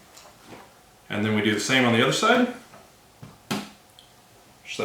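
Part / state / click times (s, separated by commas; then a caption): plastic brick lion leg into the lion torso joint of a robot model / seated / 3.5 s. Someone talks, then the second plastic leg section of a LEGO Voltron (set 21311) building-brick model is pushed straight into the joint on the other side of the yellow lion body. A sharp click at 3.5 seconds shows it seating fully into the lion torso joint.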